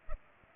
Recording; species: mosquito wingbeat signal from an infrared sensor; Culex pipiens